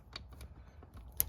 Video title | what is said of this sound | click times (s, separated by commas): ACUITY bushings TUTORIAL - 9th Gen Civic Si | All the way around. It snaps right in. | 1.2 s